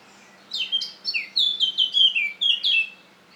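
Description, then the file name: Eurasian blackcap song phrase of rich, flute-like whistles, rapidly repeated and falling in pitch, after a few quick introductory notes. "Sylvia atricapilla"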